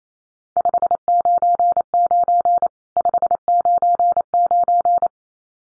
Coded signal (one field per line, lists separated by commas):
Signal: Morse code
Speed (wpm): 28 wpm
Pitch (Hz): 700 Hz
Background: none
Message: 599 599